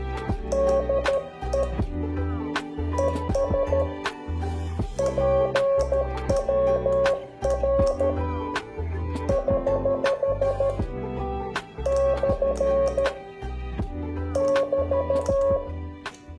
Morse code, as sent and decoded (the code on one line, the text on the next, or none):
-.. . / . ... / .--. .-- .-. / ........ / -..-. / -...-
DE ES PWR <HH> / <BT>